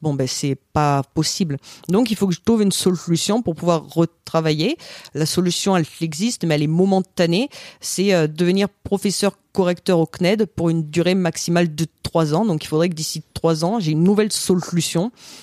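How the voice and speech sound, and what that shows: Choppy, flat-pitched French speech from a woman in her thirties, with frequent pauses and stretched sounds, fitting aphasia after a stroke, with apraxia of speech causing stutter-like speech and dysarthria. She has a stroke-related pseudo-accent, right hemiparesis and difficulty raising her voice, and is in daily rehabilitation.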